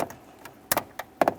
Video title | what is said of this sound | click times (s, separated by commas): How to Replace Automatic Transmission Shift Lever 2001-2005 Ford Explorer Sport Trac | give that a little click give it a tug to make sure it's completely secured | 0.7 s